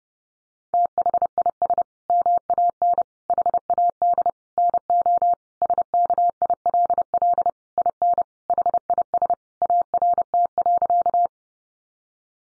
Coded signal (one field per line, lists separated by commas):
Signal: Morse code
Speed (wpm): 28 wpm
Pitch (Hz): 700 Hz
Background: none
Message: THIS MAN HAD NO SKILL IN HIS ART.